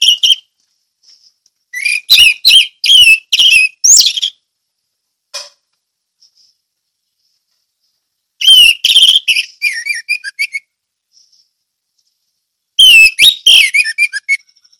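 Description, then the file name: Orange-headed thrush singing separated bursts of rapid mixed whistles, chirps and scratchy notes, with quiet gaps of a few seconds between them. Ngeplong song style. "anis merah ngeplong"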